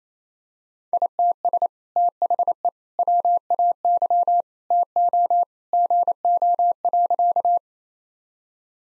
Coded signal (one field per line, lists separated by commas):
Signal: Morse code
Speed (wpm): 28 wpm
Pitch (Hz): 700 Hz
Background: none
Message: ITS THE WAY TO GO.